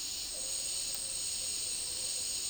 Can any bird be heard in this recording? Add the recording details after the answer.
no. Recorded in dense forest near Puerto Asís, Putumayo, Colombia, on 24 March 2025 at 14:30. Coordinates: 0.503, -76.323. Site GP09